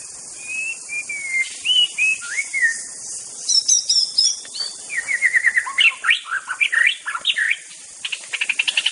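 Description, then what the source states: White-rumped shama song: varied fluted whistles, quick high flourishes, then rapid runs of short repeated notes, delivered richly with little pause, over a faint high background hiss. Wild forest white-rumped shama (Indonesian 'murai batu hutan').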